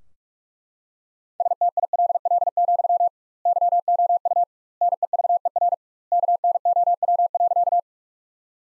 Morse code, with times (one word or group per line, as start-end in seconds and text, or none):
1.4-3.1 STILL,
3.5-4.4 YOU
4.8-5.7 NEVER
6.1-7.8 KNOW.